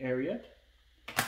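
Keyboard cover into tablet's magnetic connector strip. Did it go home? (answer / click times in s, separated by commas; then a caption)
yes / 1.2 s. Someone talks as the detachable keyboard cover is brought close to the magnetic connector strip on the bottom edge of a Microsoft Surface Pro tablet. A brief sharp sound at 1.1 s is followed by the louder short magnetic click at 1.2 s as the cover snaps into place and locks automatically, seated on the tablet.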